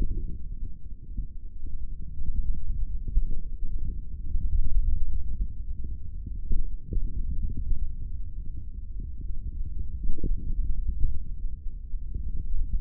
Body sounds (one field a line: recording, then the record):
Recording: forearm muscle sounds (acoustic myography)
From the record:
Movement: hand opening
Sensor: system 3, bracelet of six PUI Audio POM-2738L microphones around the upper forearm, with dedicated amplification and filtering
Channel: 6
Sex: male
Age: 23 years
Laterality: right